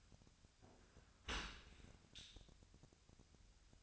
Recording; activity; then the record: daily activity, microphone in the room; open dishwasher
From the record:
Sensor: 2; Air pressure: 1006.6 hPa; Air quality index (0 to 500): 201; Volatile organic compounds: 14 ppm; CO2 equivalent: 2463 ppm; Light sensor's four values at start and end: 9/22/9/9 and 9/22/9/9